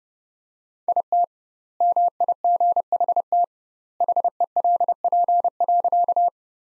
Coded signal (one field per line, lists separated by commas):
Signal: Morse code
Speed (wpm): 30 wpm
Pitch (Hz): 700 Hz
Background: none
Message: IT MIGHT HELP.